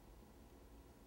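The plastic twist clamp on a peritoneal dialysis transfer set is handled after draining as it is turned toward closed. Only a steady, low broadband hiss is heard, with no sharp sound. Nothing has clicked or seated yet.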